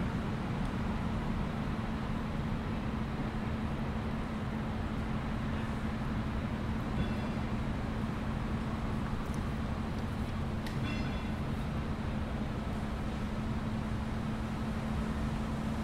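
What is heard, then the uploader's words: A walk through a downtown campus, dominated by a steady, dense low rumble of traffic or engines with a constant droning hum underneath. Faint, brief high chirps or squeaks surface around seven seconds and again near eleven seconds. A walk through the familiar downtown campus of McGill University.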